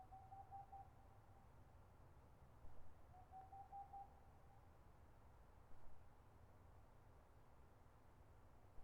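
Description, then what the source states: Boreal owl hooting: two brief bursts of quick, same-pitched hoots about three seconds apart, with a quiet low rumble throughout. Recorded 22 March 2013.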